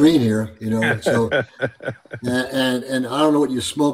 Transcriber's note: laughs